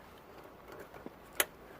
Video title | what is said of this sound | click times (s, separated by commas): Bonus Footage (Jeep Cherokee Fog Light Replacement) [Fail Edition] | hear it click, and | 1.4 s